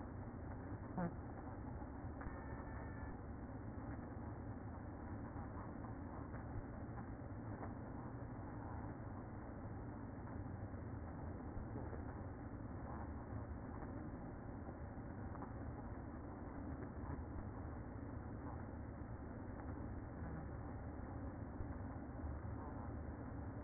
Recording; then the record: honeybee colony, microphone inside the hive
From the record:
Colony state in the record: queen present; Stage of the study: after two queens were removed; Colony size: about 60,000 bees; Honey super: yes